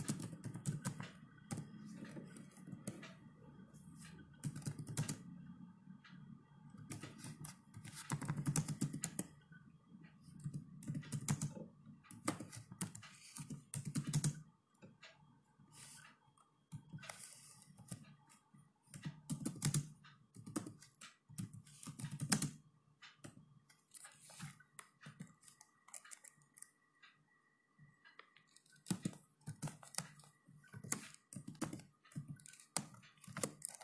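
Typing on a keyboard fills most of the clip: quick, uneven clusters of clicks, with denser stretches near the start and around 20 seconds. Short pauses fall around 15 and 27 seconds, and a soft, steady faint tone runs underneath throughout.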